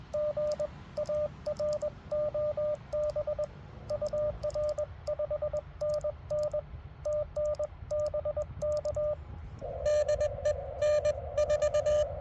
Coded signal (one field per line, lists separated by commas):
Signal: Morse code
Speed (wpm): 20 wpm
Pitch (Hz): 590 Hz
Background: radio noise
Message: G AROB UR5NN TNBK DE N4